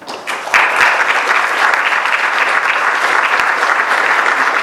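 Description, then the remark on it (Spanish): An audience at a consultative council meeting breaks into sustained applause, a dense wash of clapping that swells quickly within the first half second and holds steady at a loud level until the end. “Y quisiera pedir un aplauso particular, si bien todas las gestiones fueron difíciles, por el maltrato recibido sistemáticamente para los consejeros de la actual gestión.”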